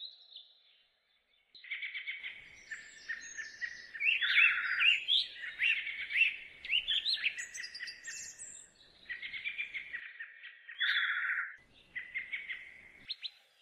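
Birds singing: a busy mix of chattering trills and warbled phrases, loudest around the middle.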